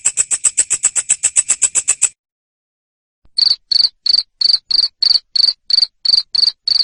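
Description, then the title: Cricket giving steady high buzzy chirps about three a second, after an opening burst of faster pulses and a short silence. Loud cricket chirping, called ngerik, played to stimulate lovebirds to keep singing (ngekek). "Suara JANGKRIK NGERIK Keras Bikin LOVEBIRD Jadi NGEKEK Terus Vubey"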